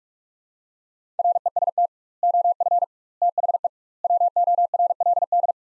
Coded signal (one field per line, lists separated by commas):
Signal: Morse code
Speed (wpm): 47 wpm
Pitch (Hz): 700 Hz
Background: none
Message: REST OF THE WORLD